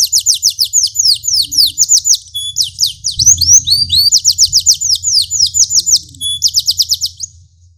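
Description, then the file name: Canary song, fast runs of rapid descending notes repeated in quick trills, broken by brief pauses and a few pure whistled tones. Standard large lemon canary song with 1-minute pauses. "audio kenari standar besar lemonthy jeda 1 menit"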